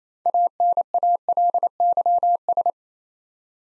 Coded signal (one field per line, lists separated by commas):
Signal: Morse code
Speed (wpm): 27 wpm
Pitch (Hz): 700 Hz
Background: none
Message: ANALYS